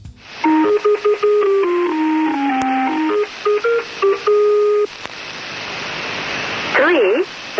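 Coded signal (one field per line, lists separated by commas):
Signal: numbers station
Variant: Lincolnshire Poacher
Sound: electronic folk-tune melody of stepped notes, then hissy static with brief warbling sweeps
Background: radio static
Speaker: Listeners dubbed these mysterious frequencies number stations and many of them were even given their own names like that one the Lincolnshshire poacher which broadcast from the mid70s until 2008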